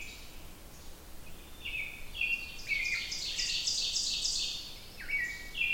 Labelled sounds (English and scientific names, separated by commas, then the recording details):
Ovenbird (Seiurus aurocapilla) song
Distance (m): 40 m
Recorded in boreal forest in Alberta, Canada, on 27 June 2016 at 07:22
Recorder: SongMeter 3, array SBT-6-79
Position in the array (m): 42 m, 117 m
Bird 40